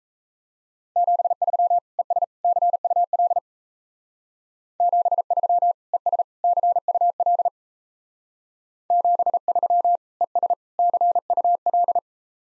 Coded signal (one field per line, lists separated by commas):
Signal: Morse code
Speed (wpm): 36 wpm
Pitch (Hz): 700 Hz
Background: none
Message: 73 ES CUL 73 ES CUL 73 ES CUL